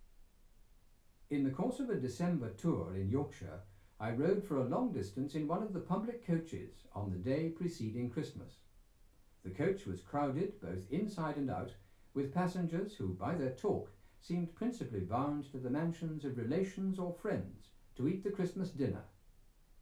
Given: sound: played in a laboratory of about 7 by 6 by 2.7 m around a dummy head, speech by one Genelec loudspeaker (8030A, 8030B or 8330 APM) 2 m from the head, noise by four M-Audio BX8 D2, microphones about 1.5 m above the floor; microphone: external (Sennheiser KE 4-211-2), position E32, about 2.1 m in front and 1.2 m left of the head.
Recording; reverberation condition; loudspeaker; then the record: male speech in English; low; 90 degrees to the left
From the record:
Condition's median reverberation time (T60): about 310 ms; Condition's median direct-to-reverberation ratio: about 3.5 dB